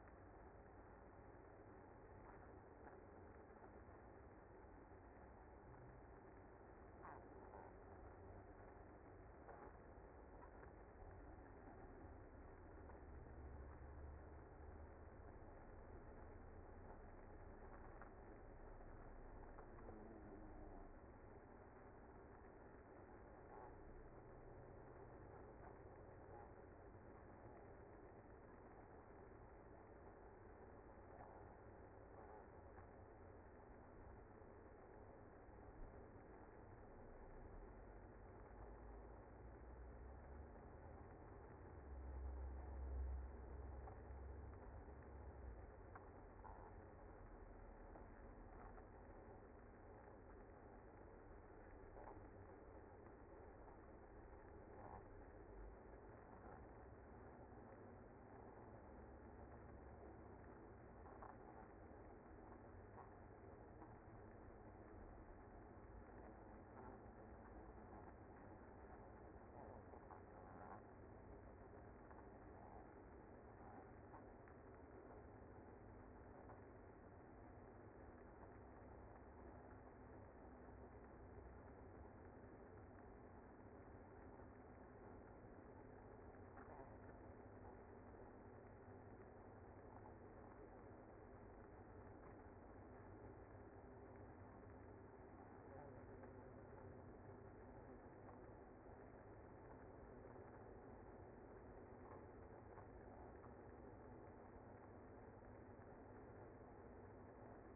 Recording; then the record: honeybee colony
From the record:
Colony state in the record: active